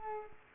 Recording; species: mosquito wingbeat signal from an infrared sensor; Culex quinquefasciatus